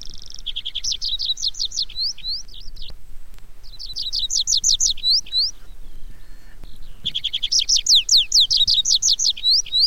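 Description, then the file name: Tree pipit song in three bursts, each a quick run of sharp, repeated notes that turns into ringing, sweeping whistles, with short pauses between. "baumpieper"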